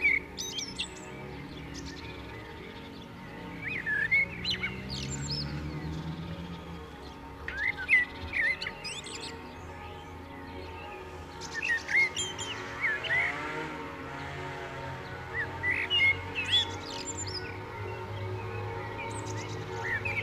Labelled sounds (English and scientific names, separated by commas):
Common Blackbird (Turdus merula) song